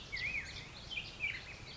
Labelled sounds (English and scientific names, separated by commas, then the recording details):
Black-headed Grosbeak (Pheucticus melanocephalus)
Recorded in Sonoma County, California